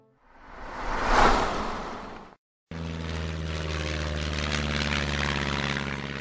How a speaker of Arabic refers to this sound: محركات الطائرة العتيقة تهدر منذرة بتحولها إلى 1000 قطعة. الطائرة التي كتب على جناحها بخط كبير مادلين.